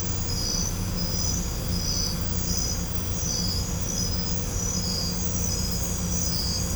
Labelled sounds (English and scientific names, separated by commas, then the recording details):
none
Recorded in pastures near Puerto Asís, Putumayo, Colombia, on 16 December 2024 at 21:00
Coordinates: 0.505, -76.324
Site G063